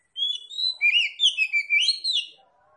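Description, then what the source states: Oriental magpie-robin delivering one rich phrase of sweeping, slurred whistles that rise and fall, loud and clear. Tretes kacer, singing vigorously (gacor).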